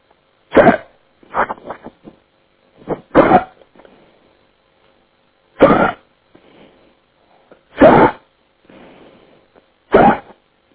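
Five abrupt, sharp vocal bursts recur roughly every two seconds, about 27 a minute, with softer breathy sounds between them. This is an adult man hiccuping, heard over a phone line: repeated sudden spasms of the diaphragm, each snapped off as the vocal cords close.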